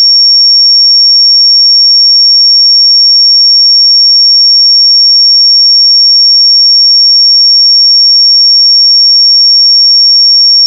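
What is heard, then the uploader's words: A pure 5516 Hz sine tone holds perfectly steady for the full eleven seconds, a single thin, bright, high whistle-like pitch. Its loudness never changes, with no other sounds, no background noise and no breaks until it cuts off at the end. 5516 Hz 1 Hz Interval Sine Pure Tone Frequency 441000 Sample Mono.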